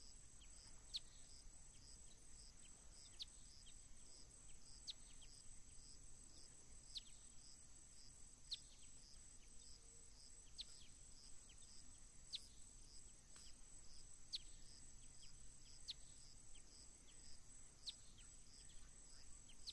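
Atlantic tropical forest ambience, led by a constant high insect drone with a fine, regular pulsing chirr. Short bright bird chirps cut through every second or two. A soft low rumble sits steadily underneath.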